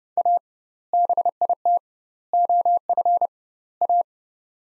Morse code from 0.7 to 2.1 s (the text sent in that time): BIT